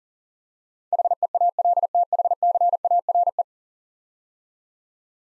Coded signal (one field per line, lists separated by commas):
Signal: Morse code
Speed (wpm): 38 wpm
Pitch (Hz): 700 Hz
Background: none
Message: HEALTHCARE